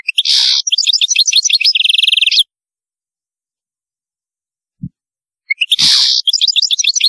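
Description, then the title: European goldfinch song, loud rich twittering with a buzzy burst, fast tinkling notes and a rapid trill, a pause with a soft thump, then more twittering. "Chant Chardonneret"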